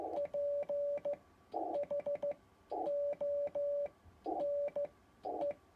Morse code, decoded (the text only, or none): PHONE